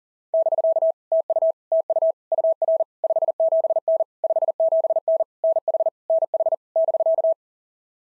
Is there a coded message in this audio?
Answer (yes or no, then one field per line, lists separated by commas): yes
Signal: Morse code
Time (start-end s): 0.3-7.3 s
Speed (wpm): 39 wpm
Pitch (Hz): 660 Hz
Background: none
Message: <BK> TU TU UR 57N 57N NH NH <BK>